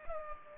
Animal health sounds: mosquito wingbeat signal from an infrared sensor; Culex pipiens

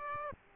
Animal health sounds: mosquito wingbeat signal from an infrared sensor; Aedes aegypti

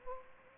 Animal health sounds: mosquito wingbeat signal from an infrared sensor; Culex pipiens

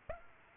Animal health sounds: mosquito wingbeat signal from an infrared sensor; Aedes aegypti

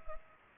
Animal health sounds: mosquito wingbeat signal from an infrared sensor; Culex pipiens

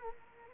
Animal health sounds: mosquito wingbeat signal from an infrared sensor; Culex quinquefasciatus

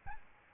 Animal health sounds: mosquito wingbeat signal from an infrared sensor; Aedes albopictus

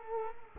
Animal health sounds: mosquito wingbeat signal from an infrared sensor; Culex quinquefasciatus

